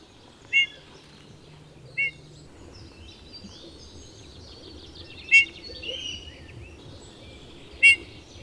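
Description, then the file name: Eurasian bullfinch calls: four short, clear piping notes spaced a few seconds apart over a quiet, faintly hissing background. "Pyrrhula pyrrhula"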